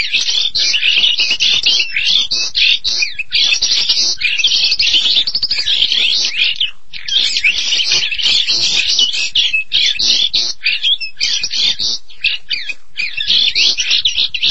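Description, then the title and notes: Starling song in long bursts of rapid chattering and squeaky whistles, broken by short pauses between phrases. "details Jalak. suara burung jalak"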